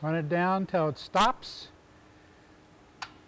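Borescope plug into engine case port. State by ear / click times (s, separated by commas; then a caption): seated / 3.0 s. Someone talks while a threaded borescope plug is run down with a wrench on a 3/8 in extension into a GEnx engine case port until it stops, its locking device clicking during the run-down. A sharp click at 3.0 s marks the plug bottoming out, seated with the locking device engaged.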